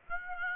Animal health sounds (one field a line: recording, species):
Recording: mosquito wingbeat signal from an infrared sensor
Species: Aedes aegypti